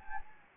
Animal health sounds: mosquito wingbeat signal from an infrared sensor; Anopheles gambiae

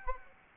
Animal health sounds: mosquito wingbeat signal from an infrared sensor; Aedes aegypti

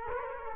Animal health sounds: mosquito wingbeat signal from an infrared sensor; Culex quinquefasciatus

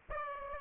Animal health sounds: mosquito wingbeat signal from an infrared sensor; Aedes aegypti

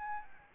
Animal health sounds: mosquito wingbeat signal from an infrared sensor; Aedes albopictus

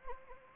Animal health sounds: mosquito wingbeat signal from an infrared sensor; Anopheles gambiae

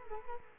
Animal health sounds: mosquito wingbeat signal from an infrared sensor; Culex quinquefasciatus

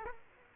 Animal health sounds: mosquito wingbeat signal from an infrared sensor; Aedes aegypti

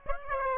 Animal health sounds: mosquito wingbeat signal from an infrared sensor; Aedes aegypti

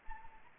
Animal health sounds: mosquito wingbeat signal from an infrared sensor; Anopheles arabiensis

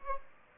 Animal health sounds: mosquito wingbeat signal from an infrared sensor; Aedes aegypti

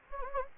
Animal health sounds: mosquito wingbeat signal from an infrared sensor; Anopheles gambiae

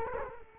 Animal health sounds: mosquito wingbeat signal from an infrared sensor; Culex quinquefasciatus

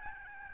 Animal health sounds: mosquito wingbeat signal from an infrared sensor; Aedes albopictus

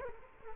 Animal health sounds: mosquito wingbeat signal from an infrared sensor; Culex quinquefasciatus

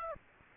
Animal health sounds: mosquito wingbeat signal from an infrared sensor; Aedes aegypti

